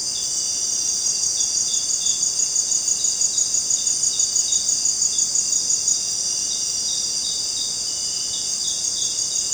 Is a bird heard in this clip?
no